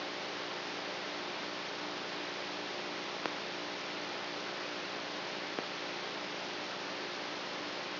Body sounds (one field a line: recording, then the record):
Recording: brain microelectrode recording played as sound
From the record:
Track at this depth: outside the subthalamic nucleus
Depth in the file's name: 0.514 mm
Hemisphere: right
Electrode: 3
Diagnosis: Parkinson's disease